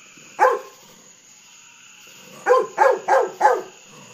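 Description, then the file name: Golden retriever barking: one sharp bark, a pause of two seconds, then four quick barks in a row, over a faint steady background hiss. Pet dog barking at fireworks at night. "Golden Retriever Bud"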